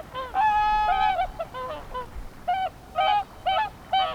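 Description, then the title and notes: Whooper swans giving trumpeting honks, a long sustained note early on, then shorter bugled calls repeated about every half second. Five or six Whooper swans singing on the Peene river at Zemitz, Mecklenburg-Vorpommern, Germany; recorded with a TASCAM DR10-MKII. "Zemitz, Mecklenburg-Vorpommern, Deutschland - Singschwäne sind da. Whooper Swan are there. 5 or 6 Whooper swans singing on Peene river"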